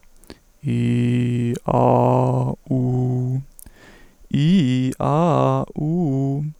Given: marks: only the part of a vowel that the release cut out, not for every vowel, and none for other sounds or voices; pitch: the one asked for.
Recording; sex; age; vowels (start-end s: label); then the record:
sustained vowels; male; 18 to 19 years
0.76-1.47 s: vowel /i/, low pitch
1.78-2.45 s: vowel /a/, low pitch
2.79-3.34 s: vowel /u/, low pitch
4.37-4.89 s: vowel /i/, low-high-low pitch
5.04-5.62 s: vowel /a/, low-high-low pitch
5.83-6.42 s: vowel /u/, low-high-low pitch
From the record:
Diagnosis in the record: stuttering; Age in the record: 18 years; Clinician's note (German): Nicht ganz abgeschlossene Mutatio